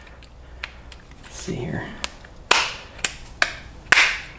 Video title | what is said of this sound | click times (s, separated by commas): BavSound Stage One Speaker Upgrade PART 1 - Plug N Play for BMW! | There you go, pops right into place. | 2.5 s, 3.4 s, 3.9 s